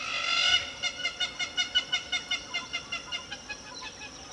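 Hamerkop giving a rapid run of nasal yelping notes, gradually fading.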